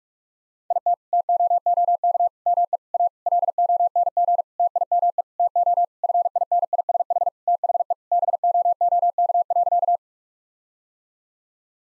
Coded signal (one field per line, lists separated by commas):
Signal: Morse code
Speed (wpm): 44 wpm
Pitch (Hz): 700 Hz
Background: none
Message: IT TOOK ME A LONG TIME TO FINISH THE BOOK.